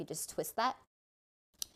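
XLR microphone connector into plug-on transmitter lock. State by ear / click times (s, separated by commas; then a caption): seated / 1.6 s. A woman talks, then after a stretch of silence a short, sharp click at 1.6 s marks the twist lock engaging as an XLR microphone connector is secured in a Tascam DR-10X plug-on transmitter. The lock is twisted to the side after the XLR microphone has been snapped in, and it seats.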